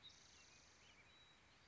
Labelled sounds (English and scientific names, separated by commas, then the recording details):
Spotted Towhee (Pipilo maculatus)
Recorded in Sonoma County, California